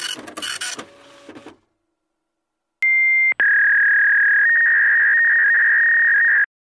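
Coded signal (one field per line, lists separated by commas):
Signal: fax machine handshake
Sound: clunking machine noise, a short high tone, then a steady buzzy warbling two-tone screech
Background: machine mechanism noise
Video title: Fax Machine Sounds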